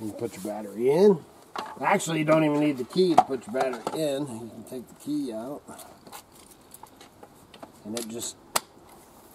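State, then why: Seated. Someone talks while a removable battery pack is slid into its slot on a Hiboy electric scooter, with the key taken out since it isn't needed. Light scraping and tapping sounds come from about 6.7 to 7.6 s as the pack slides in. It latches into place with one sharp click at 8.6 s.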